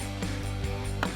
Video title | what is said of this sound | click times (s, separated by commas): 2006-2018 RAM 1500 Mammoth HD Control Arms for 2 to 6-Inch Lift Review & Install | Just simply snaps into place. | 1.0 s